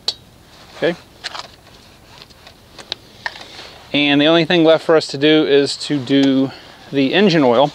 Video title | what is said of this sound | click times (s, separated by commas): Spring Mower Maintenance on a Honda HRX217HYA lawn mower | the boot back on should hear click okay | 0.1 s